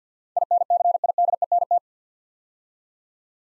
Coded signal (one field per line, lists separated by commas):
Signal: Morse code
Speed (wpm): 49 wpm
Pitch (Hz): 700 Hz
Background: none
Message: INCIDENT